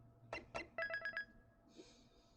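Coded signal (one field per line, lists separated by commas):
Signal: none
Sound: game save chime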